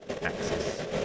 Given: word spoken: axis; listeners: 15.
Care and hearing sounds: one English word in noise, from a listening test; noise modulated by three-talker babble; -5.1 dB; 3 of 15; 12 of 15; 0.65 s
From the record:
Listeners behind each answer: 12, 3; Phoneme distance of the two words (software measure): 10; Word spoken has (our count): 2 syllables, 5 phonemes, stress on syllable 1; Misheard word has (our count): 2 syllables, 5 phonemes, stress on syllable 1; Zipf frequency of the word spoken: 3.25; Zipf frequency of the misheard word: 4.75

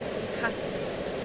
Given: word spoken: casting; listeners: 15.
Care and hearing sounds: one English word in noise, from a listening test; speech-shaped noise; -4.7 dB; 0 of 15; 7 of 15; 0.85 s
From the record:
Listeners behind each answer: 7, 3, 1, 1, 1, 1, 1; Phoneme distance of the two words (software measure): 37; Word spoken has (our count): 2 syllables, 6 phonemes, stress on syllable 1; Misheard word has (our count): 2 syllables, 5 phonemes, stress on syllable 1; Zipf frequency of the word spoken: 3.88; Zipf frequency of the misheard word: 4.19

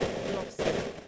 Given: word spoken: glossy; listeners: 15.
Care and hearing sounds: one English word in noise, from a listening test; noise modulated by three-talker babble; -7.3 dB; 1 of 15; 8 of 15; 0.68 s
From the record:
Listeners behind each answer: 8, 2, 1, 1, 1, 1, 1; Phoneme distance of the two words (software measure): 27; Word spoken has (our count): 2 syllables, 5 phonemes, stress on syllable 1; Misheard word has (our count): 2 syllables, 6 phonemes, stress on syllable 1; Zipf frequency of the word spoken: 3.37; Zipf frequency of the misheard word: 3.59

